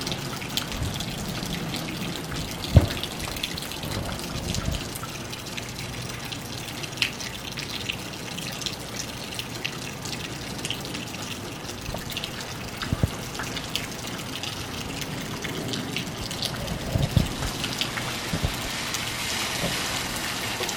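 Rain falls in a steady, dense hiss across the whole stretch, with a low rumble underneath and brighter spatter up top. Occasional sharper drops or knocks stand out, near 3, 13 and 17 seconds, against the even wash of water.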